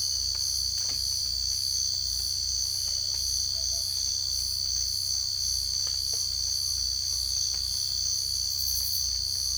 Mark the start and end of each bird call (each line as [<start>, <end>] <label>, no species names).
[3.54, 3.84] bird call